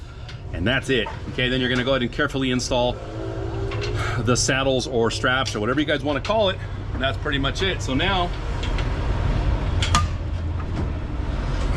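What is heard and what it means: Someone talks while an EGR cooler is pushed forward on a DD15 diesel engine so its lined-up coolant tube fittings pop into their seal bores. A sharp pop is heard at 10.0 s. Only one side's coupling pops in, so the cooler is not fully home.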